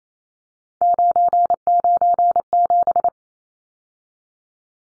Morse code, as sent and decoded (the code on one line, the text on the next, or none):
----. ----. --...
997